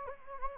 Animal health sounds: mosquito wingbeat signal from an infrared sensor; Anopheles gambiae

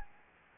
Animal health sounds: mosquito wingbeat signal from an infrared sensor; Anopheles gambiae

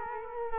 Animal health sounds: mosquito wingbeat signal from an infrared sensor; Culex quinquefasciatus

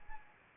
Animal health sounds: mosquito wingbeat signal from an infrared sensor; Anopheles arabiensis

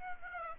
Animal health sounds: mosquito wingbeat signal from an infrared sensor; Aedes aegypti

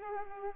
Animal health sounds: mosquito wingbeat signal from an infrared sensor; Culex pipiens

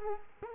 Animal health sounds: mosquito wingbeat signal from an infrared sensor; Culex quinquefasciatus

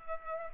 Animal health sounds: mosquito wingbeat signal from an infrared sensor; Culex pipiens

